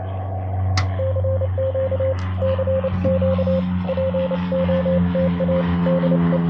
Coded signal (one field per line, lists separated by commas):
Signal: Morse code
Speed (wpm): 28 wpm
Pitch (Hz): 530 Hz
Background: radio noise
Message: CQ CQ POTA DE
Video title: A Straight Key, Bug and Paddle walk into a POTA